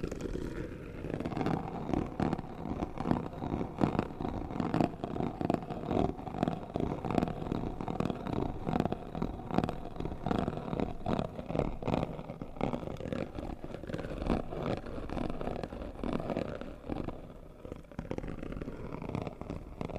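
Scratching and rubbing on cardboard boxes, a dense, continuous run of rough strokes lasting the whole twenty seconds. The scraping comes in quick, irregular pulses with a low, hollow body and a papery rasp on top, easing briefly around seventeen seconds.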